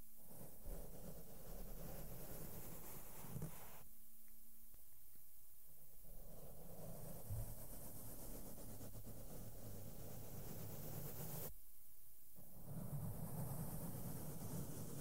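Soft makeup brushes sweep over a microphone, making a steady, dense rumbling rustle with a low, muffled body and a faint airy hiss on top. The rubbing drops away briefly around four and twelve seconds, then resumes, swelling slightly heavier near the end.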